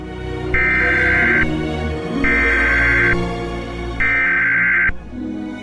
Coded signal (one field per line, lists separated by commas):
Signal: Emergency Alert System (SAME) tones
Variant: header bursts